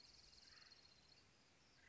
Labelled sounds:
Acorn Woodpecker

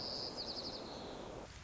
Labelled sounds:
White-crowned Sparrow

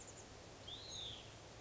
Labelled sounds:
Hutton's Vireo

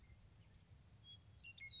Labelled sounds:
Western Meadowlark

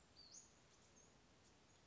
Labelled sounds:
Western Flycatcher

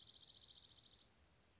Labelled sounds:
Dark-eyed Junco

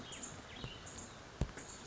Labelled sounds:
Cassin's Vireo

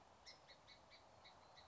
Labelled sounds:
California Towhee

